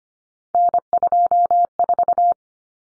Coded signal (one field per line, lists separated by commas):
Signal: Morse code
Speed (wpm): 25 wpm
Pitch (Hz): 700 Hz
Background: none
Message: N24